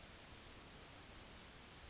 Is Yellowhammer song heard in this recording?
yes